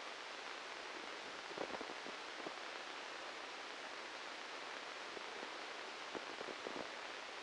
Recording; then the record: brain microelectrode recording played as sound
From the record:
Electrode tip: inside the subthalamic nucleus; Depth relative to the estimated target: 1 mm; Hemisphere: left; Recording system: NeuroSet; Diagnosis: Parkinson's disease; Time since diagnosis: 13 years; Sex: male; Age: 63 years